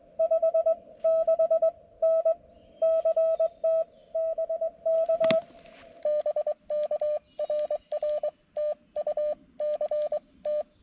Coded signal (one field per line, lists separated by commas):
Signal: Morse code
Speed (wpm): 22 wpm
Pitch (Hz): 590 Hz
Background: none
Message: 56N CT BK BK RR TU C T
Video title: CW POTA with the mcHF courtesy of Dugbo KD7DUG